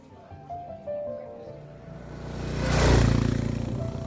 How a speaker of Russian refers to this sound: Пустыня, которую разрезает дорога, по которой едет Ив вместе с Пьером на мотоцикле.